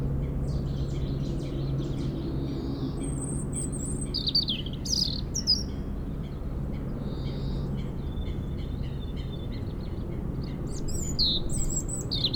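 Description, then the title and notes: European robin song: high, thin whistles and quick trilled flourishes, separated by pauses, while a steady low mechanical drone runs underneath. Robin singing in a hedge near Lac du Bourget, France, during helicopter lifting for cliff works, echoing off a mountain; Zoom H4n Pro placed vertically on ground. "Près du lac du Bourget, un rouge-gorge chante dans une haie"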